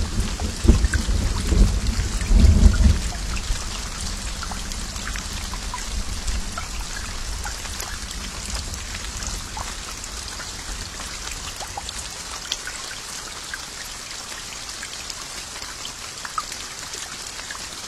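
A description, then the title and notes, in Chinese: Steady dense rain hisses throughout, with a low rumble of thunder in the first three seconds before fading into even patter. 3D版超逼真助眠雷雨。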